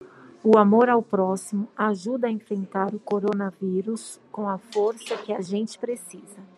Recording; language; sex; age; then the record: spoken sentence; Brazilian Portuguese; female; 40 to 49 years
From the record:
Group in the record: control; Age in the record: 41 years